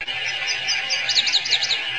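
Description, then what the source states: Nashville warbler flight calls, a string of thin, very high chirps repeated several times a second, over a faint low hum. Nocturnal flight call.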